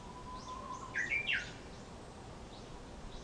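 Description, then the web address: Japanese bush warbler song, with a soft sustained whistle leading into a loud two-part warbled ending. "2018 04 uguisu"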